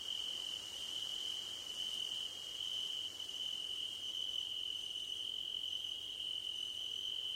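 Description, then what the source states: Crickets trill without pause, a bright sustained tone, with a few faint higher chirps appearing in the second half. Crickets recorded at night under a starlit sky.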